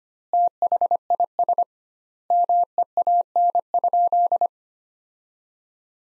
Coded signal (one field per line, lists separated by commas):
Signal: Morse code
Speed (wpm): 25 wpm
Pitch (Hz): 700 Hz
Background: none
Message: THIS MEAN?